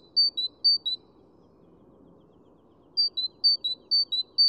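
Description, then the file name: Great tit giving crisp see-saw two-note phrases, a few at first, a pause of about two seconds, then a longer rhythmic series. "Parus major"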